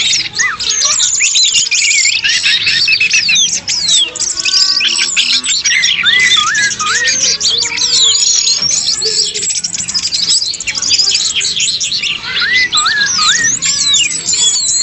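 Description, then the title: Many birds singing together, a continuous bright twittering of quick chirps, squeaks and short whistled slurs with little pause. "SuaraBurung Kicau3"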